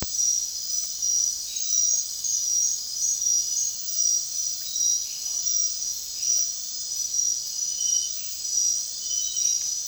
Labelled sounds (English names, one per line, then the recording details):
none
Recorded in dense forest near Puerto Asís, Putumayo, Colombia, on 22 June 2025 at 23:30
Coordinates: 0.466, -76.327
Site GP04